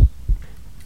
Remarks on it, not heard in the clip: Echocardiography is one example. It uses sound waves to create images of the heart as it pumps. Sound bites, which I recorded during an echocardiogram session.